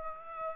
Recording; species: mosquito wingbeat signal from an infrared sensor; Aedes aegypti